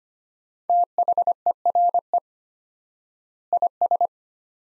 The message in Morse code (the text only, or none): THERE IS